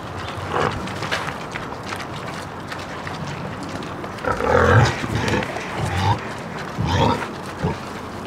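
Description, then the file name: Wild boar grunting: low, rough snorts and grunts in short irregular bursts, a louder cluster midway and a few more near the end, over a steady low rumble. Wild boar recorded while eating. "senglarmenjant"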